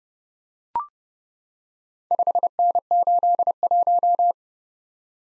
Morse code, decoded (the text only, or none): 5N81